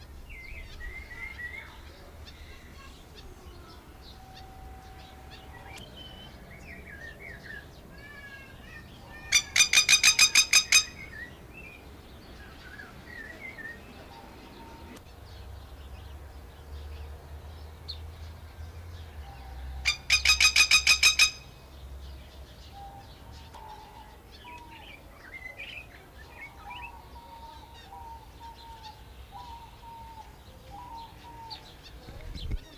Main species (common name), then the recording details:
Masked Lapwing. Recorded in captivity. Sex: male. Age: adult. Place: Zoo Berlin, Berlin, DE. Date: 1999-07-20 16:58. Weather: fair, thunderstorm, 26-28°C. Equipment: Sony WM-D6C, Sennheiser ME 80, Kopie Uher 4000 Report Monitor. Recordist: Tembrock, Günter